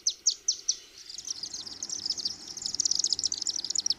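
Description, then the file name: Chimney swift calls, a few separate high chips at the start building into a fast continuous twittering chatter. "Chimney Swift Lang Elliott"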